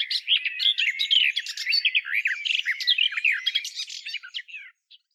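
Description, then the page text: Garden warbler song, a hurried, liquid warbling phrase that flows for about four and a half seconds, then fades to a couple of soft notes. "Timo Tschentscher - садовая славка"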